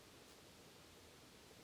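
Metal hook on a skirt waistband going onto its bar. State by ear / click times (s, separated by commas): not seated / none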